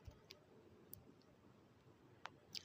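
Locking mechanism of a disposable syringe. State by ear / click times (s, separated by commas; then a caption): seated / 0.3 s, 0.9 s, 2.3 s, 2.6 s. After the needle is screwed tight onto a plastic disposable syringe, the syringe's locking mechanism is locked. A series of sharp, short clicks comes at 0.3, 0.9, 2.3 and 2.6 seconds over a quiet background. The lock clicks into place and the syringe is seated.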